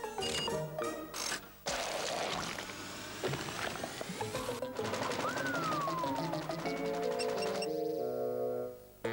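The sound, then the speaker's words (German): A conveyor belt carrying empty and full bottles, started with a hand lever, clatters into motion: a dense mechanical rattle with rapid clicking and clinking that runs steadily throughout, while a brief whining tone rises and slowly falls midway. “Denn mit einem Handgriff startet das Förderband eher mit den leeren Flaschen und den vollen.”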